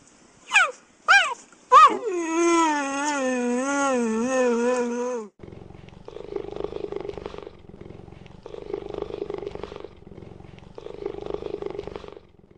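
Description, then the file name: Cheetah calling with three sharp, falling chirps, then a long wavering, quavering tone, followed by repeated rough, pulsed sounds. "gepard"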